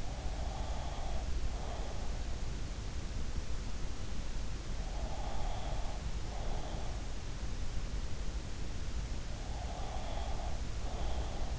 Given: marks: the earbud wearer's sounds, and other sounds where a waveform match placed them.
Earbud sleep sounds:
sounds in sleep by an in-ear microphone; breath
0.00-2.22 s: breath
4.81-7.04 s: breath
9.37-11.59 s: breath

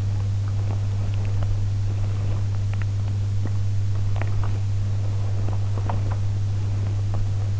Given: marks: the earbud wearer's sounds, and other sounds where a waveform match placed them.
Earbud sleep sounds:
sounds in sleep by an in-ear microphone; body movement
0.13-7.60 s: body movement

